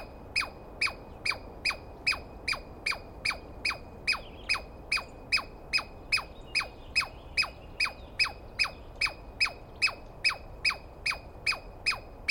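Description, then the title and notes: Douglas squirrel: sharp, screechy downward chirps repeated steadily about two and a half times a second. Douglas pine squirrel screaming at length after waking the recordist, during a dawn recording in the East Cascades on the morning of 21 April 2017; identified by sound, not clearly seen. "On the morning of 21 April, 2017, I set up my microphones and recorder for a nice dawn recording in the East Cascades. I was started awake by a screaming Douglas Pine Squirrel."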